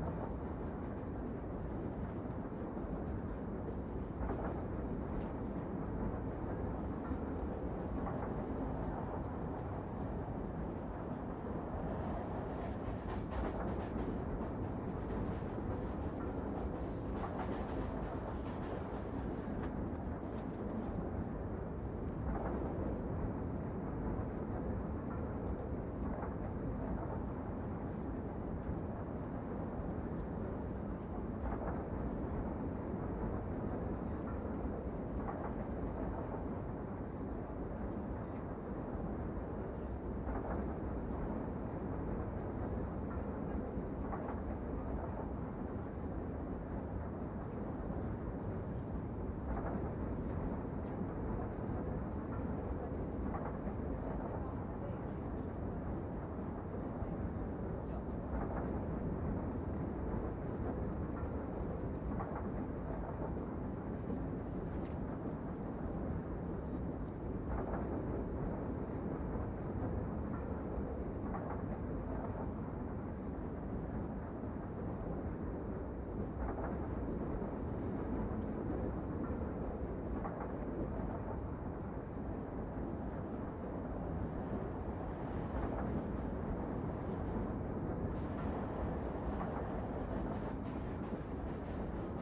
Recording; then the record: background sound without coughing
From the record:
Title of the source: Train Ride Ambience ambient white noise for sleeping, focus, studying, reading